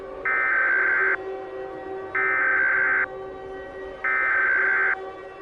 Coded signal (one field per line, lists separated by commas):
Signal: Emergency Alert System (SAME) tones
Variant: header bursts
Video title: EAS Scenario - Airborne Violent Virus Remastered